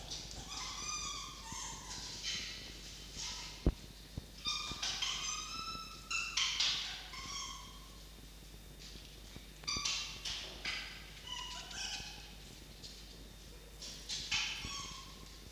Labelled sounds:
Red Fox (Vulpes vulpes)

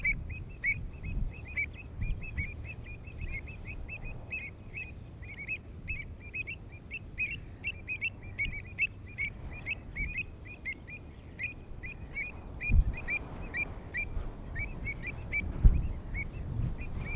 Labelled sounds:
Pied Avocet (Recurvirostra avosetta) call

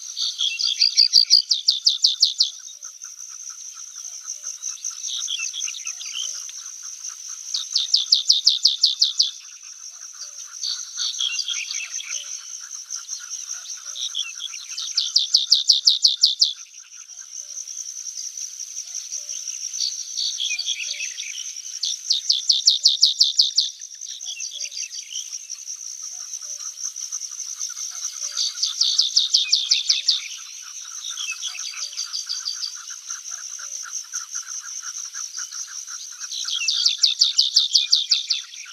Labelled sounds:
White-capped Bunting (Emberiza stewarti) song

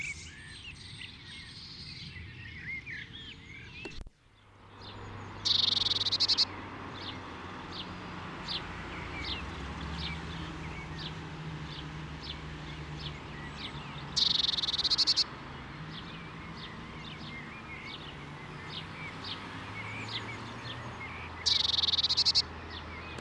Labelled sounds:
Common Blackbird (Turdus merula) song

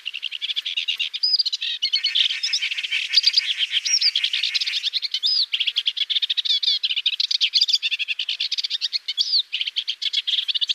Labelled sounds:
Sykes's Warbler (Iduna rama) song

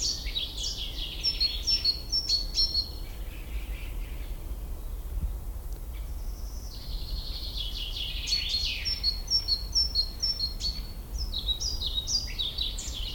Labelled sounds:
Common Chaffinch (Fringilla coelebs) song

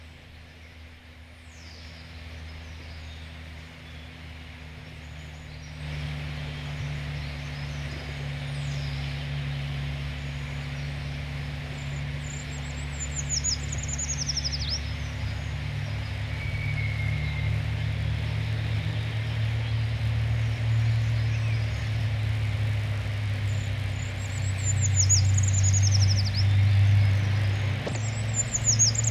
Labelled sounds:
Common Chaffinch (Fringilla coelebs)

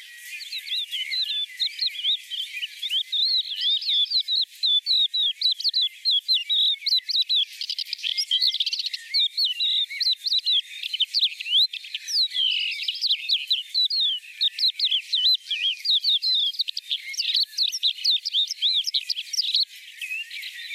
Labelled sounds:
Crested Lark (Galerida cristata) song

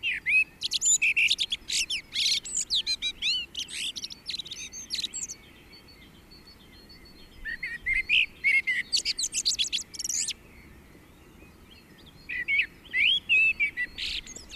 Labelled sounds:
Common Blackbird (Turdus merula) song

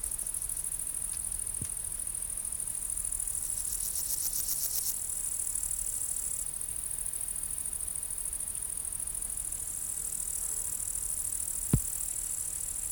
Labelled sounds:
Great Green Bush-cricket (Tettigonia viridissima) stridulation

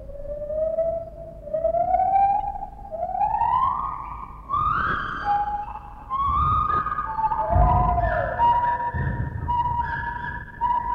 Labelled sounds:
Lar Gibbon (Hylobates lar)

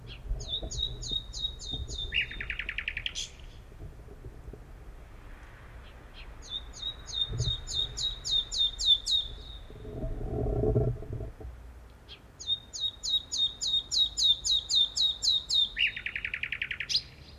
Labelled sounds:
Common Nightingale (Luscinia megarhynchos) song

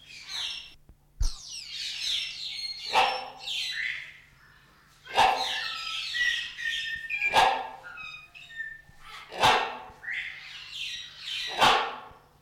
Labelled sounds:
Great Hornbill (Buceros bicornis) call

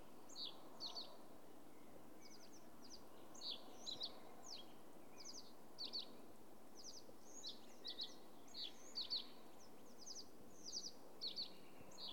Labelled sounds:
Fire-Bellied Toad (Bombina bombina) call

